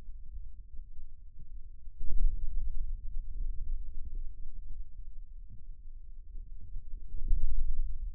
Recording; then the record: forearm muscle sounds (acoustic myography)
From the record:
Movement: inward rotation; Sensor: system 2, bracelet of six BSWA MPA416 microphones around the upper forearm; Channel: 1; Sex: male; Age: 22 years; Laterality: right